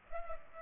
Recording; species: mosquito wingbeat signal from an infrared sensor; Culex pipiens